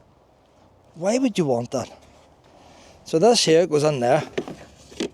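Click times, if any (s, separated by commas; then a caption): none. Someone talks while holding a plastic blocking insert at an opening on a Parkside 40 Volt cordless lawn mower; the insert is meant to close off the opening, apparently as a safety measure to keep small children's hands out. Near the end there is a brief sharp knock at 5.0 s. The insert has not yet clicked or seated in the opening.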